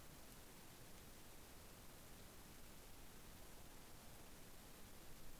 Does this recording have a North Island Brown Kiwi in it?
no